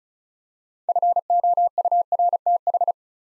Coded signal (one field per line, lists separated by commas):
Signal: Morse code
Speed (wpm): 35 wpm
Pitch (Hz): 700 Hz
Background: none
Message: FOURTH